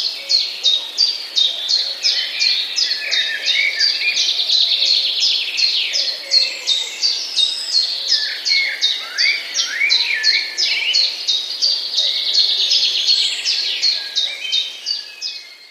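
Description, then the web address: Common chiffchaff song: steady series of short, sharp descending notes, about three per second, amid busy chirping and twittering from other small birds. Recorded 3 June 2015, singing against chirping sparrows. "wroblowe kontra pierwiosnek 03 06 2015"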